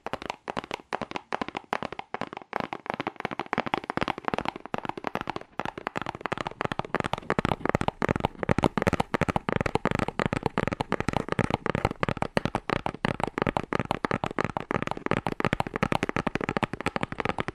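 Fast, aggressive tapping on cardboard, a dense run of sharp hollow knocks that barely pause, growing busier and louder after the first few seconds.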